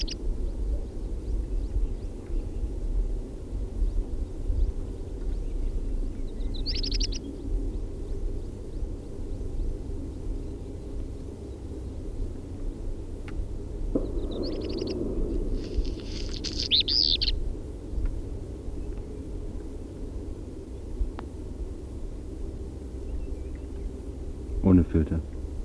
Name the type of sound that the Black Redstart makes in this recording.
song